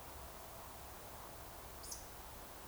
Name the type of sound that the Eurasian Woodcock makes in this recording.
whistle, croak